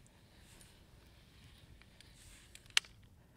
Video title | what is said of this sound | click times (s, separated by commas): How to Cock and De-Cock Your Crossbow Using the ACUslide MAXX - TenPoint Crossbows | I heard the click the lever went down kicked back up now I'm going to do one backwards rotation | 2.8 s